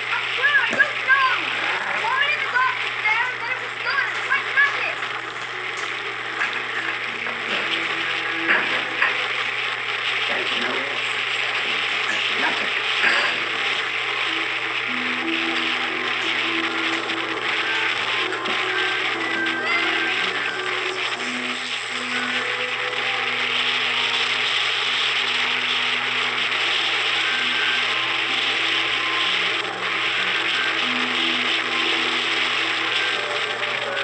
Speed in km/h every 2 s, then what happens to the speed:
42, 37, 38, 40, 41, 42, 45, 47, 49, 50, 51, 51, 51, 51, 52, 53, 53.
3-16 speeds up to 49. 16-34 steady at about 51.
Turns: none.